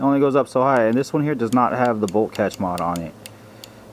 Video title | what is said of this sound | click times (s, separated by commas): HOW TO: MODIFY/FIT KWA LM4 BOLT CATCH (NEW VERSION) | you can hear it's like clicking into place | 3.6 s